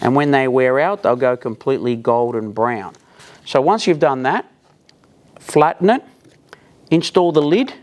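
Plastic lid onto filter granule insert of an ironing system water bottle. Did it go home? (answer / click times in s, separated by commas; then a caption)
no / none. Someone talks while handling the plastic lid for the granule filter insert of a Laurastar S Range ironing system's water bottle, which is meant to keep the granules from escaping. A few faint, brief handling taps are heard at about 4.9, 5.0 and 5.4 seconds in a pause between the talking. Nothing has seated or clicked yet.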